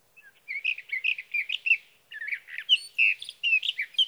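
Sage thrasher song: hurried warbled notes in a long stream, with a short pause midway before the jumbled phrases resume.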